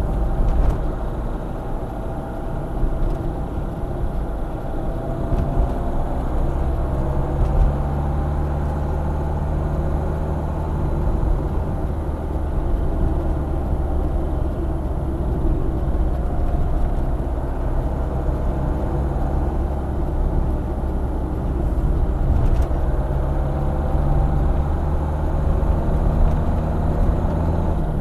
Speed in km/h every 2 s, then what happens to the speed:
43, 43, 49, 54, 54, 55, 49, 47, 50, 50, 50, 52, 57, 56.
0-6 speeds up to 54. 6-11 steady at about 54. 11-13 brakes to 47. 13-21 steady at about 50. 21-24 speeds up to 57.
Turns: none.